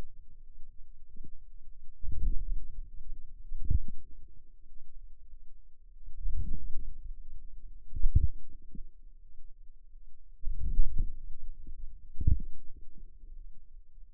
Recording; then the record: forearm muscle sounds (acoustic myography)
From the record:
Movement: outward rotation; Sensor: system 2, bracelet of six BSWA MPA416 microphones around the upper forearm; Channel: 6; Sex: female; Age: 23 years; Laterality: right